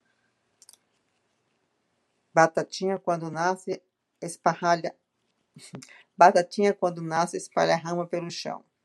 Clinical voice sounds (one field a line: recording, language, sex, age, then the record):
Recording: short text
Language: Brazilian Portuguese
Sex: female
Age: 60 to 69 years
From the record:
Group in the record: control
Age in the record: 65 years